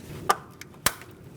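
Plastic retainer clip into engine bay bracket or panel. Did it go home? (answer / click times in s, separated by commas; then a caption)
yes / 0.9 s. A plastic push-in retainer clip is pressed into its hole in an engine bay bracket or panel while reassembling around the transmission mount of a 2016-2019 Chevrolet Cruze 1.4L L4. A sharp snap at 0.3 s is followed by faint ticks and then a loud, crisp click at 0.9 s as the retainer seats firmly in place.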